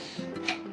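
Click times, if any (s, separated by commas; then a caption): 0.5 s. The lock on the folding wing of a metal clothes drying stand frame is pulled back to show how to fold it, giving a sharp click at 0.5 s over background music. The lock releases and the wing is unlocked.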